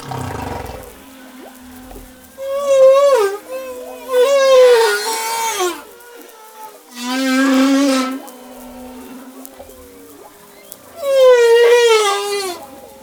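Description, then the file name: Humpback whale song of four loud, harmonic wailing cries, separated by quieter low tones. Recorded in Madagascar. "Mada Baleine ABosse"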